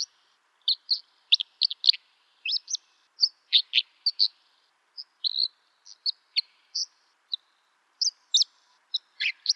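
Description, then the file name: Dipper singing a lively, varied phrase of quick high chirps, clicks and whistled notes, tumbling along with short pauses between clusters. "suara burung dipper"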